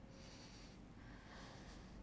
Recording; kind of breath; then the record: one breath in and out by a microphone near the nose and mouth; deep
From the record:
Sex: male